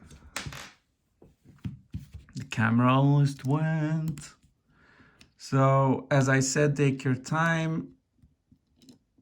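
A part is being fitted into the housing of a CTM TAC AP7 sub kit for an AAP01 airsoft pistol during reassembly, with a few sharp handling knocks (the loudest near 0.4 s) and faint light taps among the movements. Someone talks over the handling. Nothing has seated or clicked yet.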